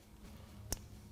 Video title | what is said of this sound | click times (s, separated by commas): 2019+ RAM Heavy Duty - Factory OEM Passive Entry Upgrade Installation - Infotainment.com | and you want to push it until you hear a click that's locked into place once you have it seated | 0.7 s